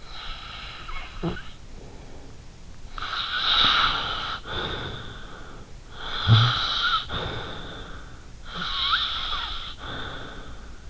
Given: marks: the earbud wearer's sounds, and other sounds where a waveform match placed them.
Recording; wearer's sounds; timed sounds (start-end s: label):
sounds in sleep by an in-ear microphone; snoring breath
0.00-1.66 s: snoring breath
2.84-5.70 s: snoring breath
5.93-8.20 s: snoring breath
8.43-10.90 s: snoring breath